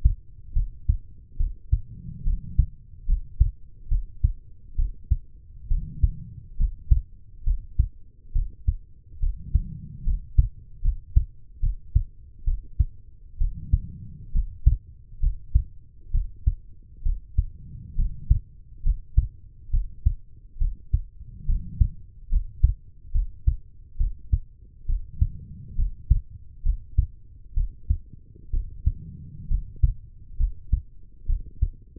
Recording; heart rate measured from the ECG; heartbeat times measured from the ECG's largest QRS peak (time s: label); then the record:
heart sounds by stethoscope; 68 bpm
0.53 s: heartbeat
1.37 s: heartbeat
2.24 s: heartbeat
3.06 s: heartbeat
3.88 s: heartbeat
4.76 s: heartbeat
5.68 s: heartbeat
6.57 s: heartbeat
7.44 s: heartbeat
8.32 s: heartbeat
9.19 s: heartbeat
10.04 s: heartbeat
10.82 s: heartbeat
11.60 s: heartbeat
12.44 s: heartbeat
13.38 s: heartbeat
14.32 s: heartbeat
15.20 s: heartbeat
16.11 s: heartbeat
17.02 s: heartbeat
17.95 s: heartbeat
18.83 s: heartbeat
19.70 s: heartbeat
20.58 s: heartbeat
21.46 s: heartbeat
22.29 s: heartbeat
23.12 s: heartbeat
23.97 s: heartbeat
24.86 s: heartbeat
25.76 s: heartbeat
26.63 s: heartbeat
27.54 s: heartbeat
28.50 s: heartbeat
29.48 s: heartbeat
30.37 s: heartbeat
31.26 s: heartbeat
From the record:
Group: healthy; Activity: rest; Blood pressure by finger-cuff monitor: 106/65 mmHg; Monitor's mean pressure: 77 mmHg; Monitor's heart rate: 68 bpm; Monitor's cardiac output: 5.5 L/min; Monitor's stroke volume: 81 mL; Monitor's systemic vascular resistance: 1000 dyn s/cm5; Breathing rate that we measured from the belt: 16 breaths a minute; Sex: female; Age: 23 years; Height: 160 cm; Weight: 50.4 kg